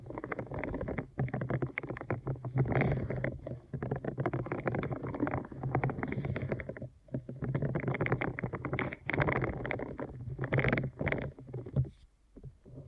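Deep ear canal massage: dense, muffled rubbing and crackling over a low steady hum, briefly dropping out near one, seven and twelve seconds.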